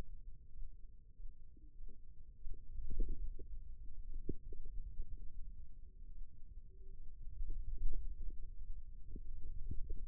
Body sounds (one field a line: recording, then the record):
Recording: forearm muscle sounds (acoustic myography)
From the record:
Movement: radial deviation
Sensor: system 2, bracelet of six BSWA MPA416 microphones around the upper forearm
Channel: 3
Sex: female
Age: 25 years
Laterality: right